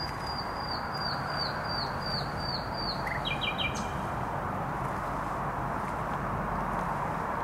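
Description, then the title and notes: Nightingale song: a crisp series of repeated high whistled notes, then a quick lower flourish, with dense traffic rumble behind. Singing in bushes beside the noisy Trasa Toruńska motorway, Bródno-Podgrodzie, Warsaw, Poland; recorded with an Olympus LS-11. "Bródno-Podgrodzie, Warszawa, Polska - Trasa Toruńska Nightingale. Recording nightingale singing in bushes close to noisy motorway"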